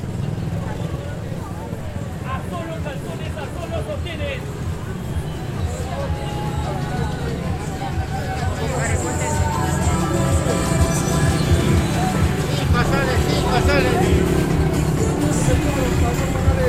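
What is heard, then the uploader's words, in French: A street in Tarapoto, Peru, full of steady traffic rumble with voices talking over it throughout. The noise is dense and constant, growing a little louder after the midpoint, when bright whines and chirps of passing engines or horns cut through. Carte postale sonore du Pérou. A 800 kilomètres de Lima, dans les contreforts des Andes, à l'orée de la forêt peuplée d'animaux mystérieux, Tarapoto est considérée comme la ville la plus bruyante du Pérou.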